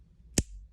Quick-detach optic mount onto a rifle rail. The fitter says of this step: then clicks into place, and you see there really isn't any type of movement there,